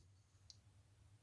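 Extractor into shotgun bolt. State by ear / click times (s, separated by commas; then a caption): seated / 0.5 s. A steel extractor for a Remington 870 shotgun is pushed against its spring-loaded plunger and rotated into the bolt. A single short, sharp click sounds at 0.5 s over a quiet low hum. The extractor snaps into place in the bolt.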